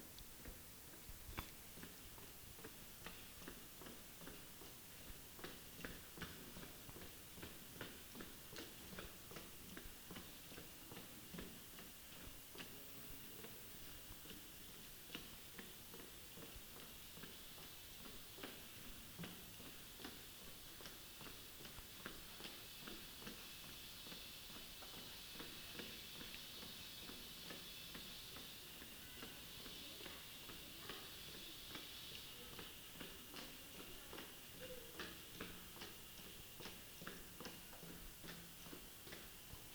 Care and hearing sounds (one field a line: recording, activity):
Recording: daily activity, guitar pickup as the sensor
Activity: run